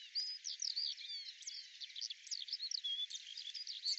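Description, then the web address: Eurasian skylark song, a dense high twittering warble of chirps and thin whistles packed closely together. "cianscape birddata Deverinetal 2025 Bird Al Ar"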